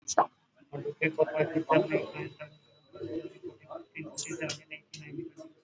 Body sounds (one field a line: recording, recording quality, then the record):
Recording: counting at a fast pace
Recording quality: poor, much background noise or distortion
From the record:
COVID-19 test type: RT-PCR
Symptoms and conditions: cough, cold, fever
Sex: female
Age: 35 years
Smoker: no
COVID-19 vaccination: both doses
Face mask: worn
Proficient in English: yes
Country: India